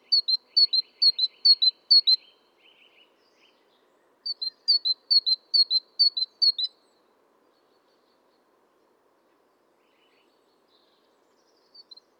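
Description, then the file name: Great tit delivers two runs of rapid paired whistles, high then lower, with soft chatter between, followed by a long quiet stretch and a final brief start. "Parus major"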